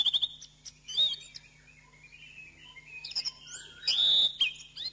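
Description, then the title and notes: Bird song, scattered whistled notes and a few chirps with quieter stretches, plus a brief noisy burst near the end and a low hum. Masteran recording, played to teach caged birds their song. "MASTERAN BURUNG. suarane manok"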